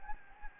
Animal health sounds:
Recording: mosquito wingbeat signal from an infrared sensor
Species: Anopheles gambiae

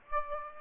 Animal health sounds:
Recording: mosquito wingbeat signal from an infrared sensor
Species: Aedes aegypti

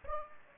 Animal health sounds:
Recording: mosquito wingbeat signal from an infrared sensor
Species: Aedes aegypti

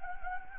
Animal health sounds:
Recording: mosquito wingbeat signal from an infrared sensor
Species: Anopheles gambiae

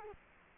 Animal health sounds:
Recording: mosquito wingbeat signal from an infrared sensor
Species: Culex quinquefasciatus

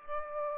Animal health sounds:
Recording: mosquito wingbeat signal from an infrared sensor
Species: Aedes aegypti

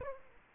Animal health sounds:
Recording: mosquito wingbeat signal from an infrared sensor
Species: Aedes aegypti

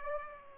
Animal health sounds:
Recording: mosquito wingbeat signal from an infrared sensor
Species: Aedes aegypti

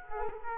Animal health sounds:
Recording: mosquito wingbeat signal from an infrared sensor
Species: Culex quinquefasciatus

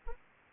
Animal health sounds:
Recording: mosquito wingbeat signal from an infrared sensor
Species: Anopheles arabiensis

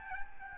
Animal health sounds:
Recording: mosquito wingbeat signal from an infrared sensor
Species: Aedes albopictus

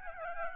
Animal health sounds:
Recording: mosquito wingbeat signal from an infrared sensor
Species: Aedes albopictus

